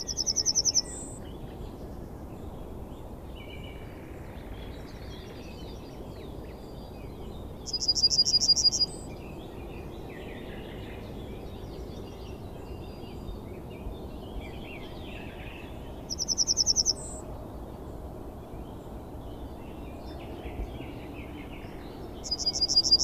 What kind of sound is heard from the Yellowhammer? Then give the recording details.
song. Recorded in the wild. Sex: male. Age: adult. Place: Hobrechtsfelder Rieselfelder, Naturpark Barnim, Berlin, DE. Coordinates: 52.667, 13.4703. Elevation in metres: 60. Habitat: decidous forest. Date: 2014-04-19. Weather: cloudy, almost windless, 5°C. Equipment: Sound Devices 702, Sennheiser MKH 70, Rycote Windschutz. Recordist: Frommolt, Karl-Heinz